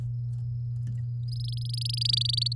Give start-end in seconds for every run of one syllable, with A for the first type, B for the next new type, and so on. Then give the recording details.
1.28-2.53 A. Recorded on 8 May 2018 at 10:24. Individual llb16